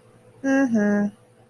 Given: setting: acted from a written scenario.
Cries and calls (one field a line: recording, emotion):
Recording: vocal sound without words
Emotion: neutral